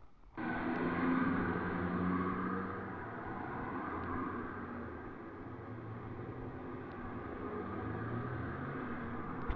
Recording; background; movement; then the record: deep breathing; traffic; sitting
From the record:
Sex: female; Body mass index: 21.8 kg/m2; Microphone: on the chest, facing the body